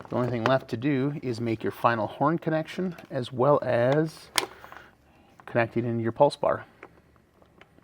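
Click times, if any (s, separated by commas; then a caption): 6.8 s. Someone talks while installing a Gen 2 turn signal kit on a Polaris XPEDITION, making the final horn connection. Afterward, small handling taps are heard, and the horn harness plug clicks as it seats into the pulse bar connector at 6.8 s.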